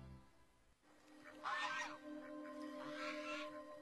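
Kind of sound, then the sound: bird, goose honking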